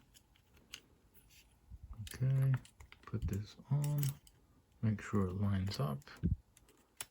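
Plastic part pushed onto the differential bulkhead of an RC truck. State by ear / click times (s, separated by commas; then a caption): seated / 7.0 s. Someone talks while lining up a plastic part on the differential bulkhead of an HPI Savage RC truck, fitted with a Draco diff case, then pushes it on. There are faint handling taps along the way, and the part seats with a sharp click at 7.0 s.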